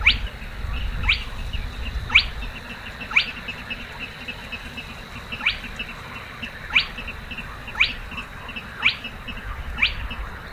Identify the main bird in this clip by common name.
Spotted Crake